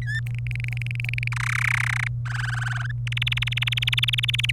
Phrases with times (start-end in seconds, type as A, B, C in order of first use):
0.02-0.20 A, 0.27-1.28 B, 1.32-2.08 C, 2.26-2.91 D, 3.07-4.51 E